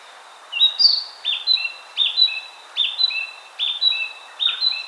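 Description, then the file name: Narcissus flycatcher singing clear whistled phrases, each a sliding upper note followed by a lower one, repeated several times over soft background hiss. "Ficedula narcissina"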